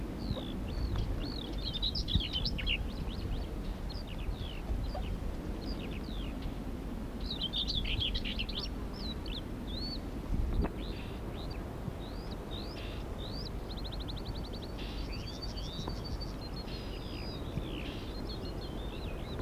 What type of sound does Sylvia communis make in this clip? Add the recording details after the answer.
song. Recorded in the wild. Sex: diverse. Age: diverse. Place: Steinhuder Meer, Niedersachsen, DE. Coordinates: 52.4734, 9.33772. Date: 1983-07-16. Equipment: Halbspur, 9,5 cm/s. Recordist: Lütgens, Hans. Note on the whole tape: Gesang und Eltern mit flüggen Jungen